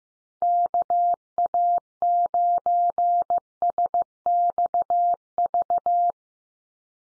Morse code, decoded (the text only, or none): KA9SXV